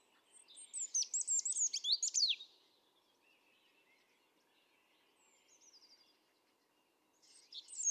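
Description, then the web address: European robin delivering a fast cascade of piercing high notes with sharp downslurs, then a lull with faint warbling and a fresh phrase starting at the end. "pub SETE data Erithacus rubecula 310717"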